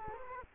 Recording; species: mosquito wingbeat signal from an infrared sensor; Culex quinquefasciatus